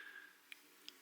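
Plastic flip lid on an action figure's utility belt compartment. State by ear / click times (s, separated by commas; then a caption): not seated / none. The plastic flip-open lid on the utility belt compartment of a Mezco One:12 Animated Series Batman action figure is folded closed, producing two small, faint ticks at about 0.5 s and 0.9 s. The lid only folds over and does not snap or lock in place, so nothing has seated or clicked yet.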